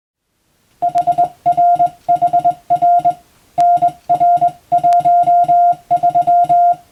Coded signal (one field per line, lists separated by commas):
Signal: Morse code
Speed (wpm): 21 wpm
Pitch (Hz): 700 Hz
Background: none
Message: HRHR NR13